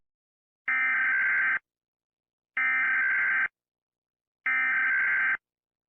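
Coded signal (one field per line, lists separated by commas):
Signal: Emergency Alert System (SAME) tones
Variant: header bursts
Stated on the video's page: Fictional EAS scenario about freezing.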